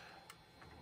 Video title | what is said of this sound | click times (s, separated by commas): Anycubic Kobra S1 Combo, sérieux concurrent ! | Une fois que vous avez fait le tour, on remet le capot en place, il vient se clipser, c'est plus facile | 0.3 s